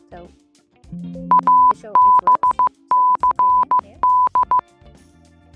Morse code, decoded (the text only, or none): ABCD